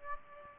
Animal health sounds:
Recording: mosquito wingbeat signal from an infrared sensor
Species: Aedes aegypti

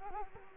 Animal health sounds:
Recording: mosquito wingbeat signal from an infrared sensor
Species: Culex quinquefasciatus

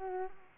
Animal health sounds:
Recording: mosquito wingbeat signal from an infrared sensor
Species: Culex quinquefasciatus

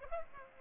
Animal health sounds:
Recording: mosquito wingbeat signal from an infrared sensor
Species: Aedes aegypti

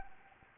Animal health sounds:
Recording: mosquito wingbeat signal from an infrared sensor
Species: Anopheles arabiensis

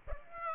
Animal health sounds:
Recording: mosquito wingbeat signal from an infrared sensor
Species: Aedes aegypti

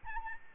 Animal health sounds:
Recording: mosquito wingbeat signal from an infrared sensor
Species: Aedes albopictus

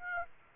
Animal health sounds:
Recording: mosquito wingbeat signal from an infrared sensor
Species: Aedes aegypti

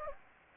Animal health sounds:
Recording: mosquito wingbeat signal from an infrared sensor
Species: Anopheles gambiae

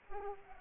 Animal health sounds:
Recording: mosquito wingbeat signal from an infrared sensor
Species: Culex pipiens

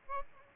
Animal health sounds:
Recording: mosquito wingbeat signal from an infrared sensor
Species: Aedes aegypti

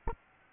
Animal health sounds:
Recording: mosquito wingbeat signal from an infrared sensor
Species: Aedes albopictus

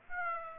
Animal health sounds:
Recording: mosquito wingbeat signal from an infrared sensor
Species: Aedes aegypti

